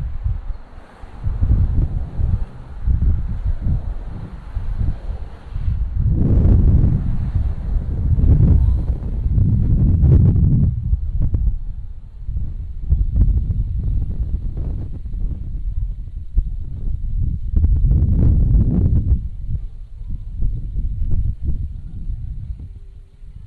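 A street corner in Brooklyn, dominated by deep, rumbling traffic noise with dense low thumps throughout. Heavier vehicles swell past around 6, 10 and 18 seconds. A faint, thin hiss sits in the background for the first few seconds, then fades.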